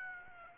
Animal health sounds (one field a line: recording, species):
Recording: mosquito wingbeat signal from an infrared sensor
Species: Aedes aegypti